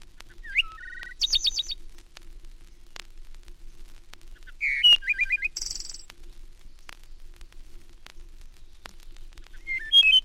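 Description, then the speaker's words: Wood thrush song: short fluting phrases, each ending in a high buzzy trill, given twice with a quiet pause between, then a third phrase beginning at the end. Shorter song phrases of the wood thrush; range given as Canada to Florida. "The wood thrush delivers its shorter phrases from Canada to Florida."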